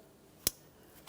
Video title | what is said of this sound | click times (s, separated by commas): How to Replace Upstream O2 Sensor 2012-2015 Honda Civic | We'll go ahead and align this, press it in, listen for a click. | 0.5 s